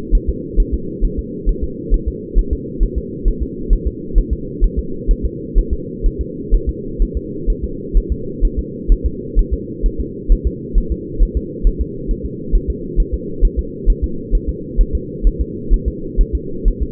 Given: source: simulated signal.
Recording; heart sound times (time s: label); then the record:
fetal heart sounds
0.15 s: S1
0.29 s: S2
0.60 s: S1
0.74 s: S2
1.05 s: S1
1.19 s: S2
1.49 s: S1
1.64 s: S2
1.94 s: S1
2.08 s: S2
2.38 s: S1
2.53 s: S2
2.83 s: S1
2.98 s: S2
3.28 s: S1
3.43 s: S2
3.73 s: S1
3.88 s: S2
4.18 s: S1
4.33 s: S2
4.64 s: S1
4.79 s: S2
5.11 s: S1
5.25 s: S2
5.58 s: S1
5.73 s: S2
6.06 s: S1
6.21 s: S2
6.54 s: S1
6.69 s: S2
7.02 s: S1
7.17 s: S2
7.50 s: S1
7.64 s: S2
7.97 s: S1
8.12 s: S2
8.45 s: S1
8.59 s: S2
8.92 s: S1
9.06 s: S2
9.39 s: S1
9.53 s: S2
9.86 s: S1
10.00 s: S2
10.32 s: S1
10.47 s: S2
10.78 s: S1
10.92 s: S2
11.23 s: S1
11.37 s: S2
11.67 s: S1
11.81 s: S2
12.11 s: S1
12.26 s: S2
12.55 s: S1
12.70 s: S2
13.00 s: S1
13.14 s: S2
13.45 s: S1
13.59 s: S2
13.90 s: S1
14.04 s: S2
14.35 s: S1
14.49 s: S2
14.81 s: S1
14.95 s: S2
15.27 s: S1
15.41 s: S2
15.74 s: S1
15.88 s: S2
16.21 s: S1
16.35 s: S2
16.68 s: S1
16.83 s: S2
From the record:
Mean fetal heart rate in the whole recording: 130 bpm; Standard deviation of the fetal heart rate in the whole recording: 2 bpm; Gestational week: 38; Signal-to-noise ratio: -4.3 dB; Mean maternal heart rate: 72 bpm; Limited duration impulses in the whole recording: absent